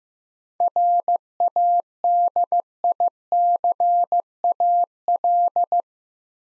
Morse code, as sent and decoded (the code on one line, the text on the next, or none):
.-. .- -.. .. -.-. .- .-..
RADICAL